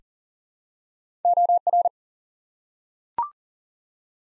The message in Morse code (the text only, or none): OR